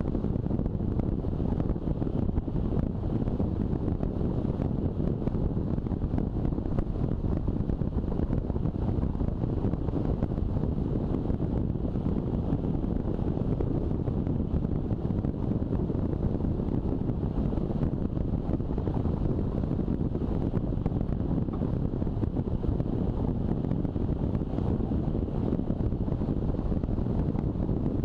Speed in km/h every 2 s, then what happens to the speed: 35, 36, 36, 36, 36, 36, 36, 36, 36, 36, 36, 36, 36, 36.
0-28 steady at about 36.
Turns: none.